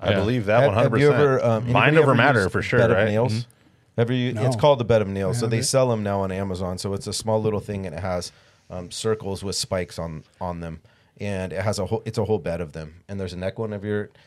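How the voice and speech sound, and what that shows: A man talks casually in a low voice at an easy, even pace, with a brief back-and-forth and a murmured agreement from another man. Words come out fluently with clear consonants and natural pauses, which is ordinary speech with no sign of a speech disorder.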